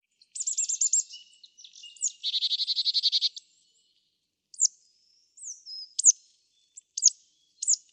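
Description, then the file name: Marsh tit calls: a quick series of high notes, then a fast buzzy chattering series, then after a pause scattered thin high notes and downslurred notes. "Poecile palustris"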